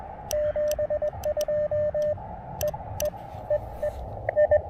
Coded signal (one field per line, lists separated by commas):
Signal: Morse code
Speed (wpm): 22 wpm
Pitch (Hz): 590 Hz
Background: radio noise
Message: 72 E E E E I